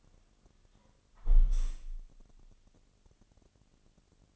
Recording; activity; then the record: daily activity, microphone in the room; close window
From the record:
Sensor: 4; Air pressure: 1001.2 hPa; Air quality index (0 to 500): 177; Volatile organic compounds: 2 ppm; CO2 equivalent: 1264 ppm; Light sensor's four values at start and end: 12/28/11/12 and 12/28/11/12